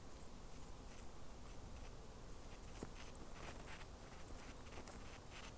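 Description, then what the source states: Rock wren chicks begging with very high, thin squeaky calls in rapid irregular bursts, some notes drawn out and wavering, over a soft low background hiss. Rock wren chicks begging; New Zealand native bird.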